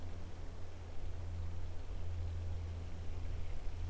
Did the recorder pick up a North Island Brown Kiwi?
no